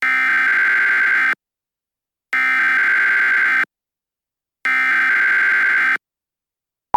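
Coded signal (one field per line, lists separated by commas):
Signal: Emergency Alert System (SAME) tones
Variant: header bursts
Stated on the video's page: Fictional made-up EAS alert, not a real broadcast.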